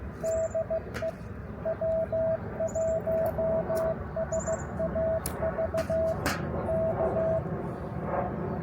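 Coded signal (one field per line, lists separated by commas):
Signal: Morse code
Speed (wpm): 16 wpm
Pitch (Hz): 650 Hz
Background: radio noise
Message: DE W1SAV K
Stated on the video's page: Park activation.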